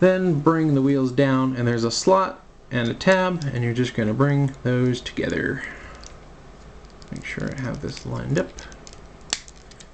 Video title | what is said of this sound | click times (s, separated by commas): cute toys iron prime ROTB optimus prime review! | and there it goes clicks into place | 9.3 s